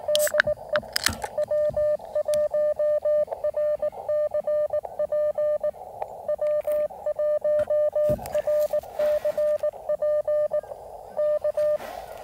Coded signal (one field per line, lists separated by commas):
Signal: Morse code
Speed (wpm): 19 wpm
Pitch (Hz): 600 Hz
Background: none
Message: DE W1RCP W1RCP K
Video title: Can the 17’ random wire work from the Gigaparts POTA20 mast QRP CW? Ham Radio experimenting again!